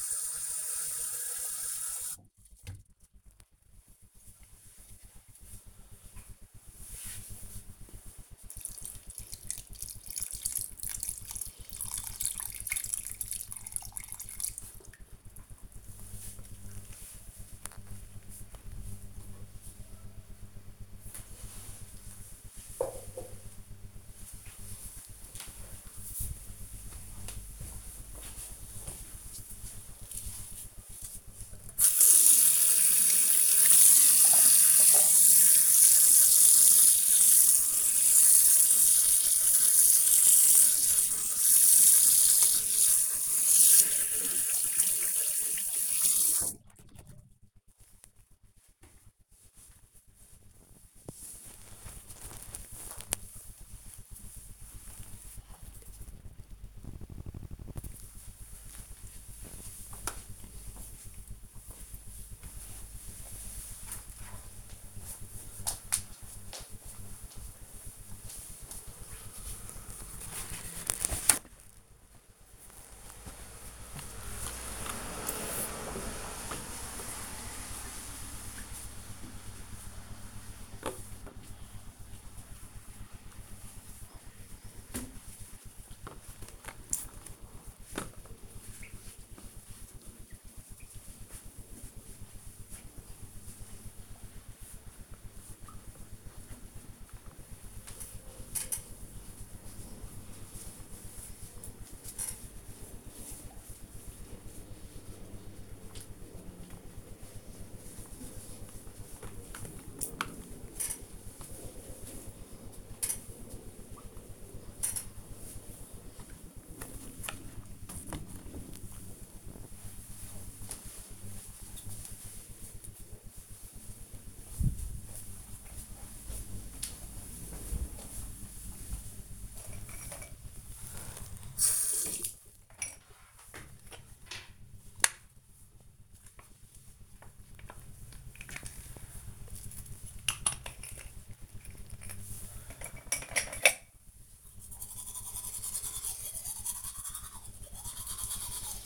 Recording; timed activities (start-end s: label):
household activities, microphone on the right wrist
0.00-18.27 s: watering plant
31.38-48.52 s: washing hands
69.68-116.05 s: window cleaning
130.14-148.86 s: brushing teeth